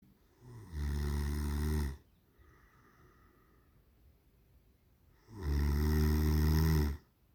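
Two loud, low, rumbling snores about four and a half seconds apart, roughly 13 breaths a minute, with a quiet breath between them. The vibrating inhalation sound is typical human snoring from the upper airway.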